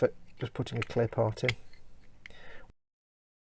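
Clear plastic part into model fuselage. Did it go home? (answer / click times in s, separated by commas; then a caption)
yes / 2.3 s. A clear plastic part is pushed into a model fuselage from a DeAgostini Modelspace Build Your Own X-Wing kit while someone talks. A sharp click at 2.3 s marks the part seating, followed by a brief rustle as the sound fades out. It only fully snapped home after one final push.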